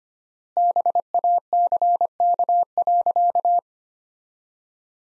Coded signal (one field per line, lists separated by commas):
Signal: Morse code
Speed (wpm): 25 wpm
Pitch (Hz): 700 Hz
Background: none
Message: BACK.